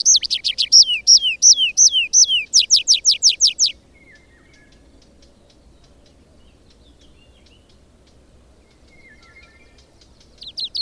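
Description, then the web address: Tree pipit song: a rapid trill of high downward-slurred notes lasting under four seconds, then a long quiet stretch before the next song begins. "agykontroll Madardalok Cd 2. Erdei pityer"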